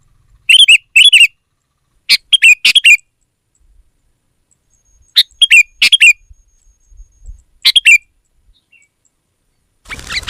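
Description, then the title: Sooty-headed bulbul giving short chirpy phrases, often in pairs or threes, at irregular intervals, with a burst of noise at the very end. "kutilang"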